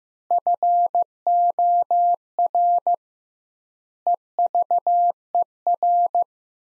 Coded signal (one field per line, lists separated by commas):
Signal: Morse code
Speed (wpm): 15 wpm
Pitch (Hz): 700 Hz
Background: none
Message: FOR EVER